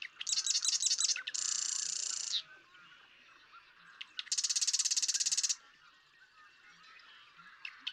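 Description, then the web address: Marsh Wren song twice: loud, rapid, buzzy rattling trills separated by a quieter gap. "birdsongforthecurious Marsh Wren"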